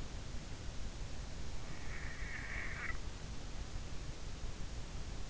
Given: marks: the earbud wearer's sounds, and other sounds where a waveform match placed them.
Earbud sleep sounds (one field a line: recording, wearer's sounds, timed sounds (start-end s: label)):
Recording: sounds in sleep by an in-ear microphone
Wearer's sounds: snoring breath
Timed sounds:
1.90-3.01 s: snoring breath